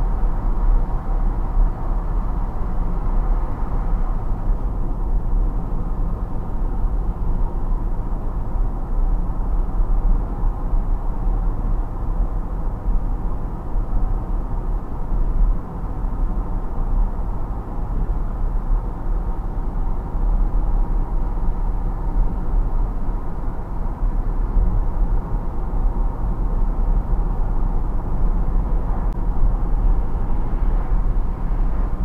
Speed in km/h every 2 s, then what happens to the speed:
70, 70, 70, 70, 70, 70, 70, 70, 70, 70, 70, 70, 70, 70, 70, 70.
0-32 steady at about 70.